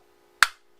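A base plate is reinstalled onto an M&P 1.0 pistol magazine tube, with the tab at the back kept on the inside of the tube. A single sharp snap at 0.4 s marks the plate latching into place, followed by a short fading ring and faint background hum. The base plate is seated.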